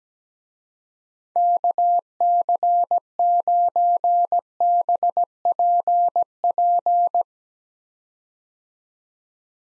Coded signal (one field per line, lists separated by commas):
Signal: Morse code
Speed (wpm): 17 wpm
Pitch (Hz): 700 Hz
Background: none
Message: KC9BPP